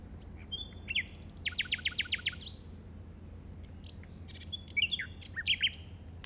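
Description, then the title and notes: Common nightingale song: a high whistle, then a fast series of sharp chirping notes, a pause, and more varied buzzy and trilled phrases over a low steady hum. Recorded in the Llobregat Delta at 06:00 on 8 May 2015 with a Zoom recorder. "Grabación de ruiseñor común (Luscinia megarhynchos) en el Delta del Llobregat a las 06:00 del 08/05/2015."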